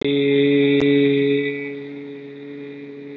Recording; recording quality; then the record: sustained vowel as in made; excellent, no background noise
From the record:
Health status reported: recovered from COVID-19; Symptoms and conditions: none ticked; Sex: male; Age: 25 years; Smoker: not ticked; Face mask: not worn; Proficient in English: yes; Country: India